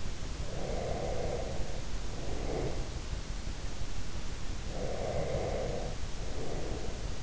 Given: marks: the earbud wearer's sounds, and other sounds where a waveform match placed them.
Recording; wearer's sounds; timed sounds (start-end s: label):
sounds in sleep by an in-ear microphone; breath
0.35-3.01 s: breath
4.73-7.23 s: breath